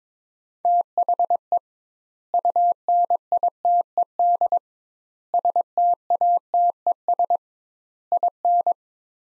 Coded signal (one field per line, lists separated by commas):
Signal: Morse code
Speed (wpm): 22 wpm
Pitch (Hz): 700 Hz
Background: none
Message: THE UNITED STATES IN